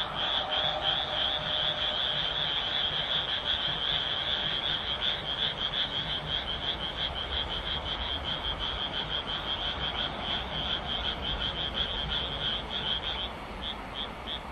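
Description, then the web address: Frog croaking in a long rapid series of grating pulsed notes about three per second, continuous until near the end, then a few separate croaks. "kaeru kaeru"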